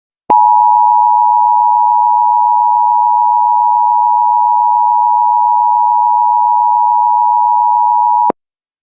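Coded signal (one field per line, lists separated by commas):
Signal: Emergency Alert System (SAME) tones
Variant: 853 and 960 Hz attention tone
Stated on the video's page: Fictional EAS scenario with valid tones.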